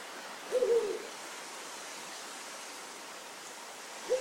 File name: ural owl short